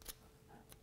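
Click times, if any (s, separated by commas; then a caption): none. A screwdriver presses along the edges of a piston retaining snap ring, working it toward the groove in a brake master cylinder bore. Two short, bright metallic ticks are heard, near 0.1 s and 0.7 s, over a quiet background. The ring has not yet seated or clicked into the groove.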